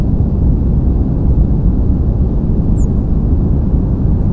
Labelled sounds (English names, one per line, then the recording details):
European Robin
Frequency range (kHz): European Robin 6.3-8.9 kHz
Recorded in France